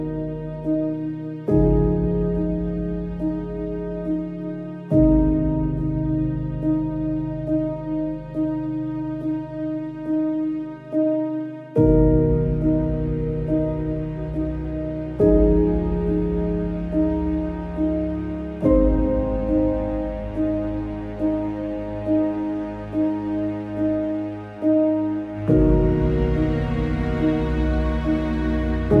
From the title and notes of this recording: Relaxing Sleep Music with Rain Sounds. Calm Piano Music Twilight Rain.